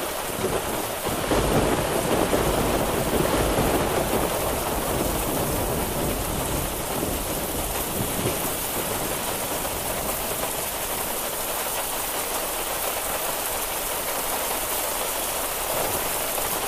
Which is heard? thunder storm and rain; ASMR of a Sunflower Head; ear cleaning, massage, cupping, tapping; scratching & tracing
thunder storm and rain